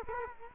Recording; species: mosquito wingbeat signal from an infrared sensor; Culex quinquefasciatus